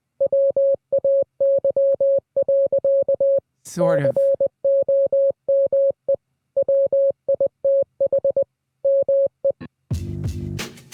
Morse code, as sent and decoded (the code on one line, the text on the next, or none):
.-- .- -.-- .-.-.- / -.-. --- -- . / .-- .. - .... / -- .
WAY. COME WITH ME